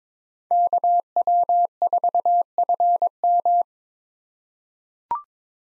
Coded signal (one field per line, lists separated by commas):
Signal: Morse code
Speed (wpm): 22 wpm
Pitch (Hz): 700 Hz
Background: none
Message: KW4FM